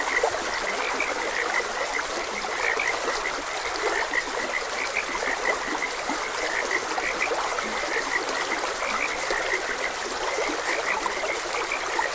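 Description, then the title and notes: Continuous frog chorus of short croaks overlapping one another, heard against an even, hissing stream that runs the whole time. Frogs croaking beside a gentle stream. "Gentle Stream and Frogs Croaking. Sleep and Relaxation Podcast"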